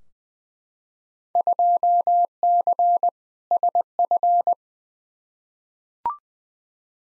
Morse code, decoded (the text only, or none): 2C SF